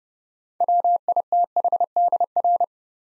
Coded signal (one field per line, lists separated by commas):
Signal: Morse code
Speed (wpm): 30 wpm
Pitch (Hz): 700 Hz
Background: none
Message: WITHDR